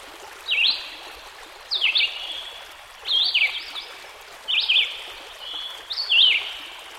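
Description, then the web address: Red-eyed Vireo song of five short whistled phrases, spaced about one and a half seconds apart, with a babbling stream underneath. Heard with a stream in the background. "Dan Gibson Songbirds By The Stream. Red - Eyed Vireo"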